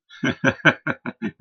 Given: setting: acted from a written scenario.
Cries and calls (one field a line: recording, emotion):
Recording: vocal sound without words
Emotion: amusement